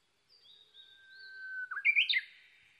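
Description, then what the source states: Japanese bush warbler song: a long, steady whistled note held for over a second, then a quick rising, warbled flourish of bright notes. Recorded 22 May 2011 at 05:58.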